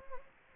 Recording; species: mosquito wingbeat signal from an infrared sensor; Anopheles gambiae